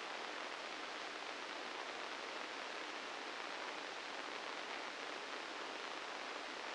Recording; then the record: brain microelectrode recording played as sound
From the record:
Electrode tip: inside the subthalamic nucleus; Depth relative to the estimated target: -2 mm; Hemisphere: left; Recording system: NeuroSet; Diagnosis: Parkinson's disease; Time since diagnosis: 13 years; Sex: male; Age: 65 years